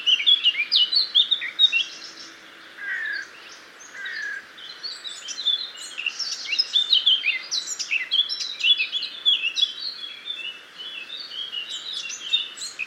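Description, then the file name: Eurasian blackcap singing, rapid jumbled whistles and chatters, with a quieter stretch near the start, then busier again. "Sylvia atricapilla"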